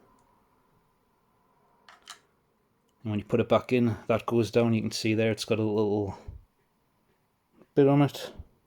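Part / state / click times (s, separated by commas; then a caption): removable knob/insert going back into a film camera body / not seated / none. A removable knob or insert is being handled as it goes back into a film camera body; two brief, faint handling ticks occur at about 1.9 and 2.1 s, followed by someone talking from about 3 s onward. Nothing has seated or clicked into place yet by the end of the clip.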